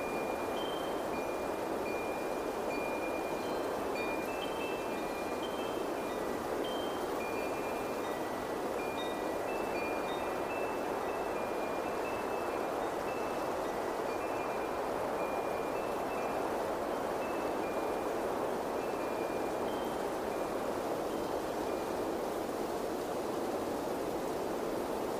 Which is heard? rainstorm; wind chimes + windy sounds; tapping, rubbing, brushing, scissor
wind chimes + windy sounds